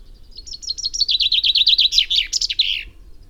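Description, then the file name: Common chaffinch song: a bright, rapid series of descending notes ending in a short flourish, lasting about two and a half seconds. "Fringilla coelebs"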